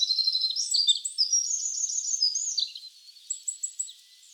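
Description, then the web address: Wren song: rapid high trills and sharp whistled notes tumbling together, then a few quieter, spaced chirps near the end. Wild wren trilling in Hokkaido. "Google Sounds Sound Matters. Wren trills in wild hokkaido"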